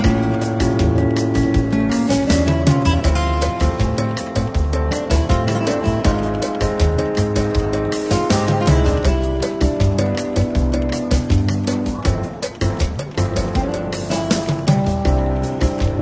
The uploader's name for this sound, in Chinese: 伦敦书店咖啡馆轻微喧闹氛围与柔和轻松的爵士背景音乐